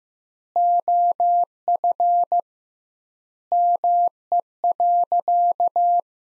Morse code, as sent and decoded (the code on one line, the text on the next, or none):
--- ..-. / -- . .-.-.-
OF ME.